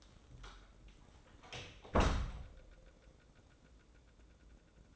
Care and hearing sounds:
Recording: daily activity, microphone in the room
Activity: close door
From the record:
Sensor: 3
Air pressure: 1012.3 hPa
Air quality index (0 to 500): 180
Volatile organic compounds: 3 ppm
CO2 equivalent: 1380 ppm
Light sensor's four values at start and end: 576/1432/592/609 and 577/1434/593/611

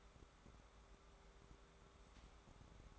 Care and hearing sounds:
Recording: daily activity, microphone in the room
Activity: take from stove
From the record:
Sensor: 3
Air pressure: 1010.3 hPa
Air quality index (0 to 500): 166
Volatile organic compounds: 9 ppm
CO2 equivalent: 2169 ppm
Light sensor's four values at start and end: 49/121/53/59 and 50/122/54/60

